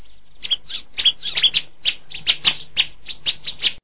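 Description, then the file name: Bar-winged Prinia giving a series of many sharp ticking notes at an irregular pace. "ciblek"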